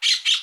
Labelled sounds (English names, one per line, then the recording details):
Brown-throated Parakeet contact call
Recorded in Aruba
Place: Cunucu Arikok, S side of Ceru Arikok
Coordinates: 12.502, -69.950